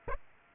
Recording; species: mosquito wingbeat signal from an infrared sensor; Aedes aegypti